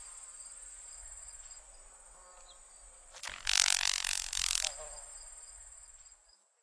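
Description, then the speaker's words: Carolina grasshopper wing-snapping: a single crackling burst of about one and a half seconds over a faint, steady high-pitched background hiss. Crepitation, a wing-snapping sound, produced by a Carolina grasshopper. "The following examples of crepitation are from a Carolina grasshopper."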